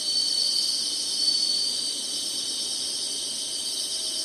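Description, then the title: Insects in a shrill continuous chorus of fast-pulsed buzzing, with a few brief sharp notes early on. Summer. "SINGING INSECTS SUMMER"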